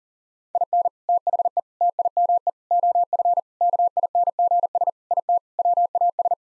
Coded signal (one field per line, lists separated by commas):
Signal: Morse code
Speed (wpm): 37 wpm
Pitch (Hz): 700 Hz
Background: none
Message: IN THE TIME OF KINGS IT WAS